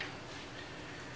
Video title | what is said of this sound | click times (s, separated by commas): Scythe Mugen Max CPU Cooler Review | we put it over the front of the heatsink and it locks in place very easily | 0.0 s